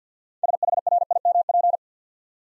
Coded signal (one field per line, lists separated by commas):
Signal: Morse code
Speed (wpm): 48 wpm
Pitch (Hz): 700 Hz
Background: none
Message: SHRIMP